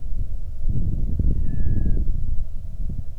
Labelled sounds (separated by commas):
loon, wind